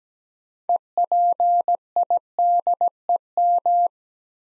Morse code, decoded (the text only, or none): EPIDEM